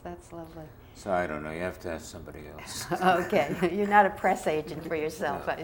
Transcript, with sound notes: That's lovely.
So I don't know. You have to ask somebody else.
[chuckles] Okay. You're not a press agent for yourself.